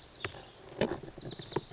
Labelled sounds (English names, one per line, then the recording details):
Oak Titmouse
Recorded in Sonoma County, California